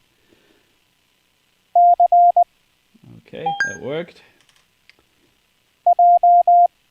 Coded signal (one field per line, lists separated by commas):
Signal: Morse code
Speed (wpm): 20 wpm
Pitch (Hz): 700 Hz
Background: speech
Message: CJ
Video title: CW practise & VaraAC (Live-Stream) | HamRadio